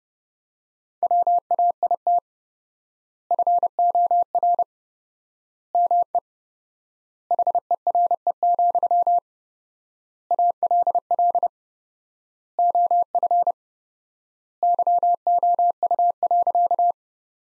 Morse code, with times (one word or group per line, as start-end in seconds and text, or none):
1.0-2.2 WAIT
3.3-4.6 FOR
5.7-6.2 ME
7.3-9.2 HERE,
10.3-11.5 ALL
12.6-13.5 OF
14.6-16.9 YOU.